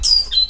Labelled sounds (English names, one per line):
Stitchbird song